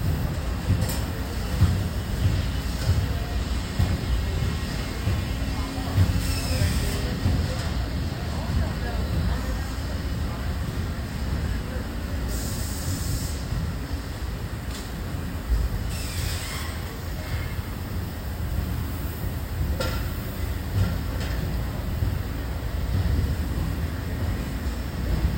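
Machines and equipment rumble steadily and low, with brief bright hisses near 6, 12, 16 and 20 seconds and faint voices underneath.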